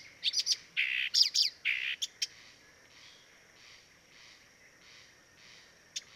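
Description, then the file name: Blyth's reed warbler, a brief burst of harsh rasping notes and clicks for about two seconds, then mostly quiet with faint hiss. Dviete. "dviete acrocephalus dumetorum"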